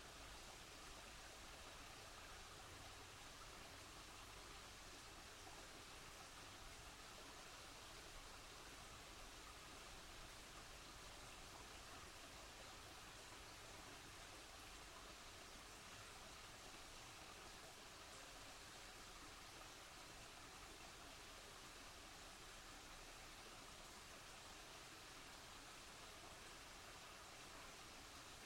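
A stream runs steadily through the whole recording, a dense, unbroken rush of water with a bright hiss over a softer low rumble. The level stays even from start to finish, with no distinct events breaking through the flow.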